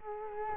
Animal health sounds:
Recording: mosquito wingbeat signal from an infrared sensor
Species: Culex quinquefasciatus

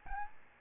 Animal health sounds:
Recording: mosquito wingbeat signal from an infrared sensor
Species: Aedes albopictus

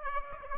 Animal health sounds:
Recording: mosquito wingbeat signal from an infrared sensor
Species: Aedes aegypti

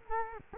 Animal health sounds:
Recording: mosquito wingbeat signal from an infrared sensor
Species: Culex quinquefasciatus

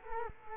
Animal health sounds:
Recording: mosquito wingbeat signal from an infrared sensor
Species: Culex quinquefasciatus

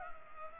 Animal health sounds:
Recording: mosquito wingbeat signal from an infrared sensor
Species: Culex pipiens

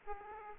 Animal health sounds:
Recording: mosquito wingbeat signal from an infrared sensor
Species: Aedes aegypti

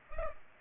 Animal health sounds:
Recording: mosquito wingbeat signal from an infrared sensor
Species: Culex pipiens

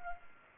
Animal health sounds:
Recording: mosquito wingbeat signal from an infrared sensor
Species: Culex pipiens

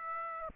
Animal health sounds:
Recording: mosquito wingbeat signal from an infrared sensor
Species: Aedes aegypti

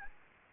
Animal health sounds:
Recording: mosquito wingbeat signal from an infrared sensor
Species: Aedes albopictus

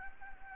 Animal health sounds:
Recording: mosquito wingbeat signal from an infrared sensor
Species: Anopheles gambiae

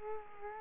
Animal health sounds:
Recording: mosquito wingbeat signal from an infrared sensor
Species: Culex quinquefasciatus

